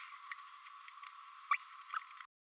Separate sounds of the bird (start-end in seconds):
1.51-1.56